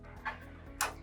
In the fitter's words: And then they just lock into place.